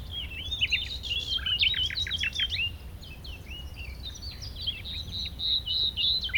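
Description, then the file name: Common nightingale song: rich, varied warbling with whistles and quick chirps, briefly quieter midway, then resuming, over a steady low rumble. "Luscinia megarhynchos"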